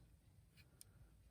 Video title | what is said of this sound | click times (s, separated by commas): Star Wars "Nascar" Lego MOC: Vane Repulsorcraft | just kind of locked into place right there. | 0.8 s